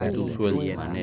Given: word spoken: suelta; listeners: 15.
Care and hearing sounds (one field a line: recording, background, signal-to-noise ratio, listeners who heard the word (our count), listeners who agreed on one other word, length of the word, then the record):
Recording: one Spanish word in noise, from a listening test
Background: four-talker babble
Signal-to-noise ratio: -0.7 dB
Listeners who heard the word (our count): 0 of 15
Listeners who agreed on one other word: 6 of 15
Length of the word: 0.64 s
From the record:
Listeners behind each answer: 6, 6, 1, 1, 1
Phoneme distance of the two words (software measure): 17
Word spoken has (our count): 2 syllables, 6 phonemes, stress on syllable 1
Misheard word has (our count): 2 syllables, 5 phonemes, stress on syllable 1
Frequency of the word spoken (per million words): 14.28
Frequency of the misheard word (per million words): 134.80